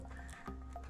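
A memory module is lined up with the slot notch and slid, latches open, into a memory slot on a Dell R730 server motherboard. A steady low hum runs under soft handling noises, with brief sharper sounds near 0.5 and 0.9 seconds. Nothing has seated or clicked yet.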